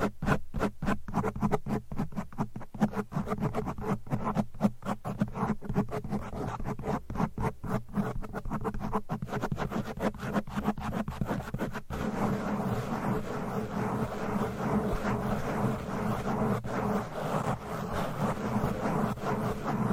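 Fast, aggressive tapping and scratching with nails goes on without pause. For the first twelve seconds, sharp, bright taps fall in a quick, irregular stream. After that they give way to a denser, steadier scratching with a low rumble underneath.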